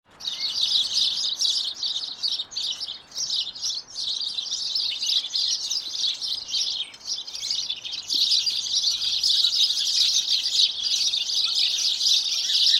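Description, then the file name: House sparrow chirping, a dense chatter of short high chirps that swells and fades. "Passer domesticus"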